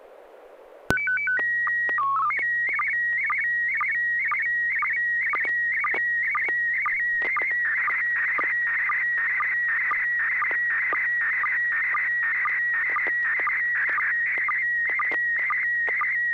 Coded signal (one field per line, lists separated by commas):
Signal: SSTV (slow-scan television)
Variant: PD 120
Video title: N6NA SSTV Net - 01/12/2022